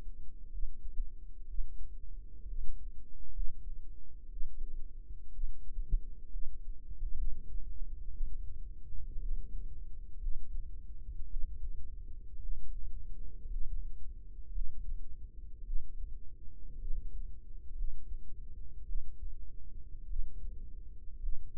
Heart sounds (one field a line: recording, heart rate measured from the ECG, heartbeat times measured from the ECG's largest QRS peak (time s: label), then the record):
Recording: heart sounds by microphone in the right ear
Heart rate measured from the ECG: 58 bpm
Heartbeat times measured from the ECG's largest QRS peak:
0.52 s: heartbeat
1.48 s: heartbeat
2.48 s: heartbeat
3.33 s: heartbeat
4.30 s: heartbeat
5.32 s: heartbeat
6.31 s: heartbeat
7.16 s: heartbeat
8.12 s: heartbeat
9.20 s: heartbeat
10.19 s: heartbeat
11.28 s: heartbeat
12.40 s: heartbeat
13.49 s: heartbeat
14.52 s: heartbeat
15.64 s: heartbeat
16.79 s: heartbeat
17.75 s: heartbeat
18.86 s: heartbeat
20.07 s: heartbeat
21.20 s: heartbeat
From the record:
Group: healthy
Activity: rest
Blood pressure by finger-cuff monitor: 96/56 mmHg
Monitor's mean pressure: 69 mmHg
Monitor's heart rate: 59 bpm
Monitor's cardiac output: 5.4 L/min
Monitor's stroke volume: 91 mL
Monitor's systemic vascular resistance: 920 dyn s/cm5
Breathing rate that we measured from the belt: 16 breaths a minute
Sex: female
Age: 28 years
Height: 170 cm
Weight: 77 kg